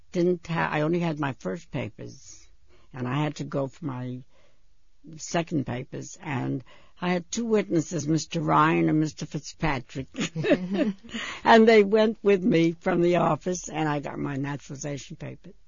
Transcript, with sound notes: didn't, I only had my first papers, and I had to go for my second papers. And I had two witnesses. Mr. Ryan and Mr. Fitzpatrick. ( she laughs ) And they went with me from the office, and I got my naturalization papers.